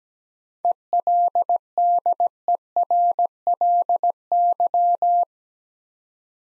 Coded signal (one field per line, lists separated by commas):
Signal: Morse code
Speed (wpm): 17 wpm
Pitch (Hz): 700 Hz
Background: none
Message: ELDERLY